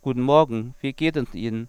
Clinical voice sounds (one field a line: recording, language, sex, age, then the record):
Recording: spoken sentence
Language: German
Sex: male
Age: 30 to 39 years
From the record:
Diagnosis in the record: hypernasality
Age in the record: 34 years